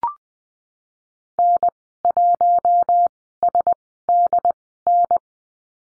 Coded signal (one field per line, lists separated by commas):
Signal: Morse code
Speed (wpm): 20 wpm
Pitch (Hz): 700 Hz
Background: none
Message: N1SDN